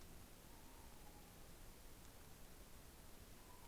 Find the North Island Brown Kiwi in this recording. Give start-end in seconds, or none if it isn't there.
none